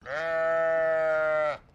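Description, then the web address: Sheep bleating: one long, steady baa of about one and a half seconds, rich in harmonics, starting abruptly and ending sharply, with near silence after. "Sound Effects-Foundation 1 ANIMAL SHEEP BAA"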